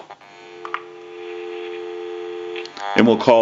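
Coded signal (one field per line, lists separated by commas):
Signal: telephone call progress tone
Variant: North America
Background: speech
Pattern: dial tone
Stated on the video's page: Tones from a GE 27909 two-handset cordless telephone during checkout and repair.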